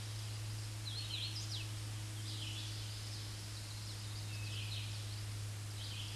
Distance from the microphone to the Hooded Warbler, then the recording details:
about 40 m. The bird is about 5 m above the microphone. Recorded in a Pennsylvania forest on 16 May 2024 at 07:56. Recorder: AudioMoth, point MSD-2201. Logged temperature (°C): 15.5 °C. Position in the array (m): 142 m, 88 m